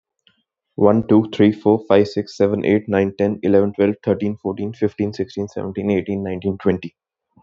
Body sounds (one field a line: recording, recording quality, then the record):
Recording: counting at a fast pace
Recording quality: excellent, no background noise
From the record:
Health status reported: exposed to COVID-19, no respiratory illness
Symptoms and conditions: cold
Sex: male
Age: 22 years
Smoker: not ticked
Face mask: worn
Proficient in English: yes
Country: India